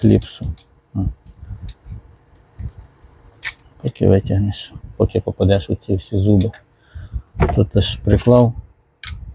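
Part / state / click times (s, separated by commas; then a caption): saw blade onto magnetic tool mount / seated / 9.1 s. Someone talks while a saw blade is touched to a magnetic tool mount, with no need to line up its teeth. The blade snaps onto the magnetic holder with a sharp click at 9.1 s, and the magnet holds it seated.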